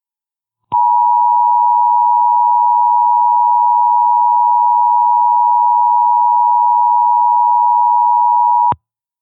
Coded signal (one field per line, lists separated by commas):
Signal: Emergency Alert System (SAME) tones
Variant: 853 and 960 Hz attention tone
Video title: The Sierra (EAS Scenario)